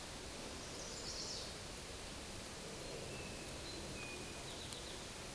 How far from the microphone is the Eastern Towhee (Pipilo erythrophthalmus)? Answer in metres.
about 90 m